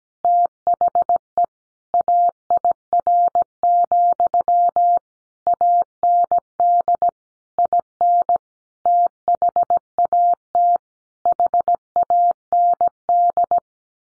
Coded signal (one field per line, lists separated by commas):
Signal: Morse code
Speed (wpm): 17 wpm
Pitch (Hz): 700 Hz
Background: none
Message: THE AIR, AND IN THAT HAND